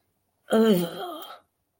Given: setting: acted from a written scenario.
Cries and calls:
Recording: vocal sound without words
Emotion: disgust

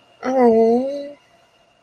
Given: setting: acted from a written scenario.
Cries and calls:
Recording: vocal sound without words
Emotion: sympathy

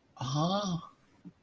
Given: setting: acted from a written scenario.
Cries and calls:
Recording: vocal sound without words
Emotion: adoration

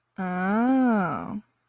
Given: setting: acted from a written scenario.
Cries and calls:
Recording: vocal sound without words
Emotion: realization

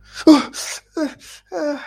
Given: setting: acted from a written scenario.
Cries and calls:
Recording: vocal sound without words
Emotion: pain

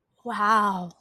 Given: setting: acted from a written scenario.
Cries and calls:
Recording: vocal sound without words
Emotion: positive surprise

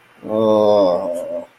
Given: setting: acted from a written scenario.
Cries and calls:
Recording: vocal sound without words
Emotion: shame

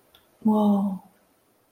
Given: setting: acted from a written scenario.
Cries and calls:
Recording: vocal sound without words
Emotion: ecstasy

